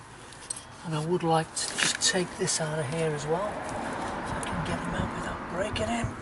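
On a Freelander 2 during a rear wheel bearing replacement, the sprayed wiring connector on the electric parking brake caliper motor is released by tripping back its top locking clip, and the plug comes off with a short, sharp clink at 0.5 s. Someone talks throughout, with faint background noise.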